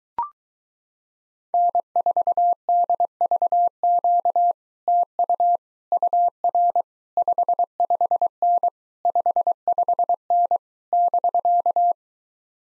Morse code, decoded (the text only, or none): N4DVQ TU UR 55N 55N <BK>